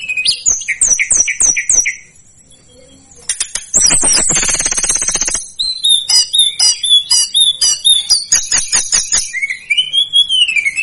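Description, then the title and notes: Tledekan gunung song opening with a repeated falling whistled phrase, then a buzzy rattling trill, followed by rhythmic chipping notes and a final rising whistle. Master recording used for training cage birds. "Masteran Tledekan Gunung Sikatan Gunung 1. BURUNG TLEDEKAN"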